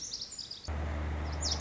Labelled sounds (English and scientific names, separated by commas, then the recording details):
Lazuli Bunting (Passerina amoena)
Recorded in Sonoma County, California